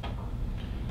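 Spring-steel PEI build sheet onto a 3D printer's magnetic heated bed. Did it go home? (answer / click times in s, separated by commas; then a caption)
yes / 0.0 s. A double-sided gold PEI spring-steel build sheet is placed onto the magnetic heated bed of a Bambu Lab P1P 3D printer, and the magnets pull it down. A sharp snap at 0.0 s marks the sheet seating in place, followed by a faint low rumble for the rest of the clip. The sheet snaps into place easily and sits flush.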